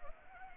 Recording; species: mosquito wingbeat signal from an infrared sensor; Anopheles arabiensis